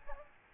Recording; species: mosquito wingbeat signal from an infrared sensor; Aedes albopictus